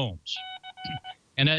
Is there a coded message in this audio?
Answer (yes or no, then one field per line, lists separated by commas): no